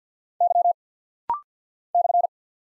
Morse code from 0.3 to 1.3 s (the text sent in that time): Y